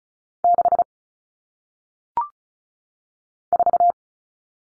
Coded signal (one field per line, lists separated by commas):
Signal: Morse code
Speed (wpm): 34 wpm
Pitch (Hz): 700 Hz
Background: none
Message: 6 4